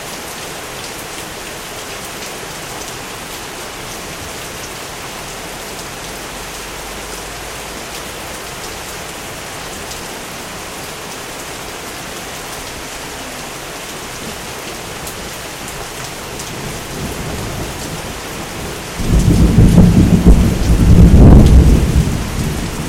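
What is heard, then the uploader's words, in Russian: Rain falls in a steady, dense hiss of fine drops for most of the clip, level and unbroken. Near the end, from about nineteen seconds, a deep rumble swells up loudly, likely thunder, then fades as the rain continues. ДОЖДЬ1 by havun.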